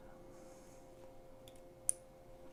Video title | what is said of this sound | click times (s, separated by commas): Professional 4-Indent Crimper for Deutsch Solid Contacts 🛠️ | another positive engagement. You can hear it click. | 1.9 s